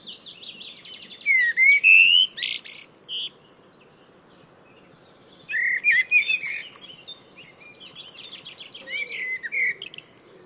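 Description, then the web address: Bird song in two long, busy phrases of mixed whistles, chirps and trills, followed by softer scattered twittering, over a low background hum. "cianscape birddata Deverinetal 2025 Bird Only Tu Me Tu Me"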